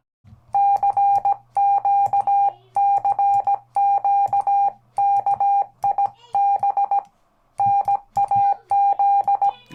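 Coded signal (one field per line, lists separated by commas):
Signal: Morse code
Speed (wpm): 17 wpm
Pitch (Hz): 800 Hz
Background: none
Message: CQ CQ KIB NAZ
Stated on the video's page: CW on 20m from a repaired Hill Topper 20 QRP kit radio, on the air.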